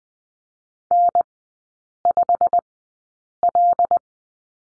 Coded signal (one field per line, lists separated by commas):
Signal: Morse code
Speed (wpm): 20 wpm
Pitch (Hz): 700 Hz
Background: none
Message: N5L